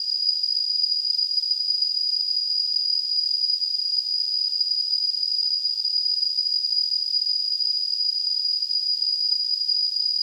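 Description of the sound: Simulated tinnitus: a steady, unchanging high-pitched tone around 5 kHz over a soft hiss, constant for the whole clip.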